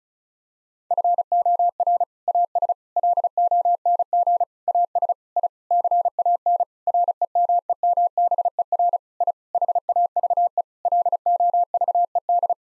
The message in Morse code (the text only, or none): FOR AS LONG AS I CAN REMEMBER I HAVE LOVED